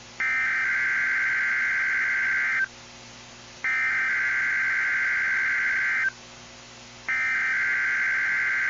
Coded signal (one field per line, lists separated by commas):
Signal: Emergency Alert System (SAME) tones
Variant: header bursts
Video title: EAS Required Weekly Test Southwest Michigan NOAA Weather Radio +WeatherSTAR4000